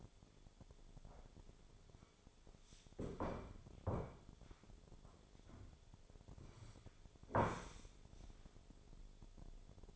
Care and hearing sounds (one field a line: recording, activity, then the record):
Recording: daily activity, microphone in the room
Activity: sit down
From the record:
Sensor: 5